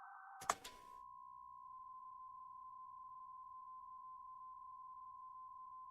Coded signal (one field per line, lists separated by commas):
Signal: PSK63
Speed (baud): 62.5 baud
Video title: M0KNM - RSGB 3.5MHz Autumn Series Contest Livestream 01/09/25